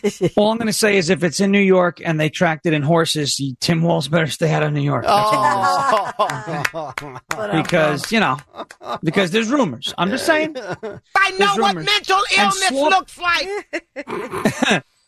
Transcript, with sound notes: All I'm gonna say is if it's in New York and they track it in horses, Tim Wall's better to stay out of New York.
Oh. (laughing)
Because, you know, because there's rumors. I'm just saying.
I know what mental illness looks like.